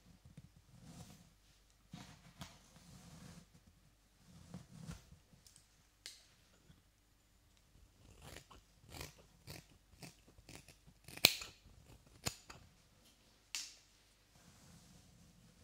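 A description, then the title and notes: Hair is brushed, each stroke a soft low rustle with crisp scratchy tips, arriving irregularly every second or so. Strokes cluster more densely between eight and thirteen seconds, with a few sharper snaps near eleven and thirteen seconds. ASMR Haircut Tutorial Hair Brushing for Relaxation.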